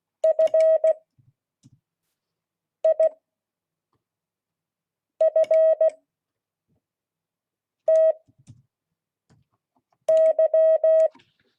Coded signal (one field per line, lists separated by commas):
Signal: Morse code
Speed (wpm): 16 wpm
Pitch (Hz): 640 Hz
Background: none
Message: FIFTY